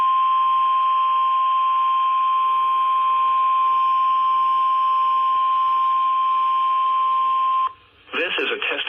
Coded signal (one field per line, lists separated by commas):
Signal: Emergency Alert System (SAME) tones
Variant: 1050 Hz attention tone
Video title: (EAS "#597-612") North & South Carolina Tornado Drills over NWR (and FM too!) - 3/7/2025